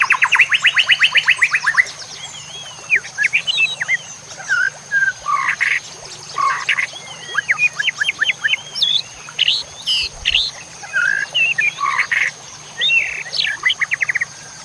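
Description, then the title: White-rumped shama singing a varied, fast song of rich whistles, sweeping slurs and rapid chattering trills. A steady high electronic tone runs underneath. Masteran training song of a white-rumped shama, labaik variety. "MASTERAN MURAI BATU LABAIK"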